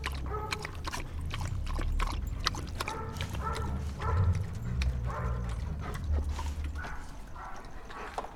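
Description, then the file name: Dog yelping in short repeated tonal bursts, several per second in clusters, over a steady low rumble and scattered clicking sounds. Several dogs barking while eating and drinking water. "Perros ladrando, comiendo y tomando agua"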